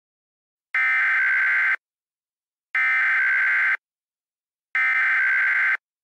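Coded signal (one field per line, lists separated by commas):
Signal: Emergency Alert System (SAME) tones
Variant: header bursts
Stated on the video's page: Mock EAS alert, a simulated scenario, not a real activation.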